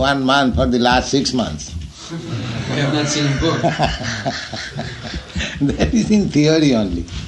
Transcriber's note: laughs